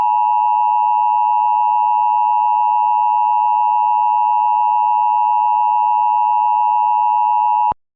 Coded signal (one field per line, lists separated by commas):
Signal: Emergency Alert System (SAME) tones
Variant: 853 and 960 Hz attention tone